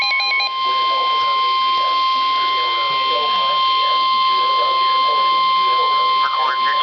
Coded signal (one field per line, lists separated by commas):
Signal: Emergency Alert System (SAME) tones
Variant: 1050 Hz attention tone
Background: speech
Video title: EAS Alert #50 - Severe Thunderstorm Warning #18 5/30/13